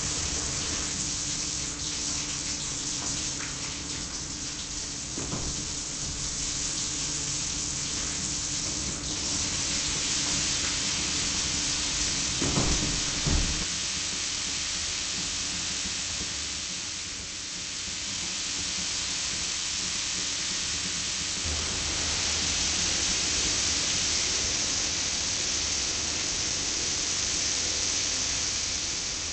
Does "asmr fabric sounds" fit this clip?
no